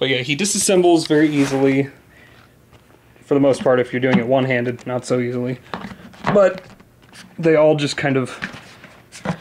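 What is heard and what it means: A plastic body segment of a large 20-inch vinyl/plastic Stay Puft Marshmallow Man figure is handled and pushed toward the adjoining segment while someone talks. There are brief handling noises between phrases and a short sharp tap near the end. Nothing has seated or clicked into place yet.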